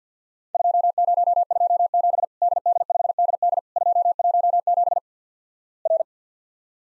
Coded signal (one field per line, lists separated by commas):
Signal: Morse code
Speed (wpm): 50 wpm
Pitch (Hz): 700 Hz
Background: none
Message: 2027 DD5DD 217 R